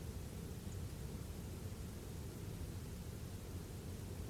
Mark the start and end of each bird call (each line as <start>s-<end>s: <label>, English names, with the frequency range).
0.69s-0.75s: Song Thrush (6.2-8.4 kHz)